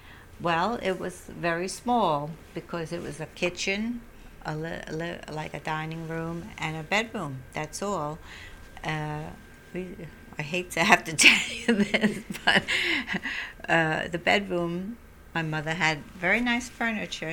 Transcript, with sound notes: Well, it was very small, because it was a kitchen, like a dining room and a bedroom, that's all. I hate to have to tell you this, ( he laughs ) but the bedroom, my mother had very nice furniture.